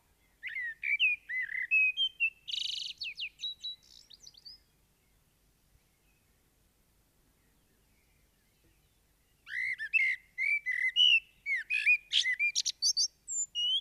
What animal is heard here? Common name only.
Common Blackbird